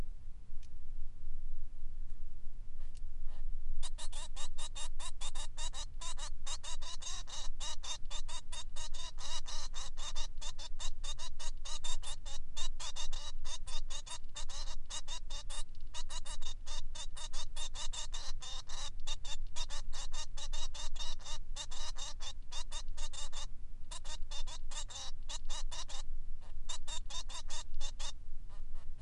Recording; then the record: song of a male Bengalese finch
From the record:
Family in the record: son of father 3